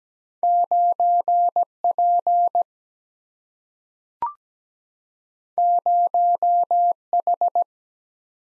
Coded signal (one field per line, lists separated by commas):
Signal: Morse code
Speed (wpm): 17 wpm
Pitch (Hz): 700 Hz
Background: none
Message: 9 P 0 H